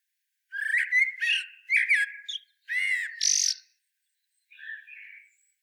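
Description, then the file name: Common blackbird giving a run of short, squeaky, harmonic notes in two bursts, ending with a harsher rasping note, then a softer twittering phrase after a pause. "Turdus merula"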